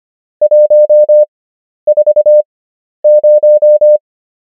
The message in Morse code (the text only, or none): 140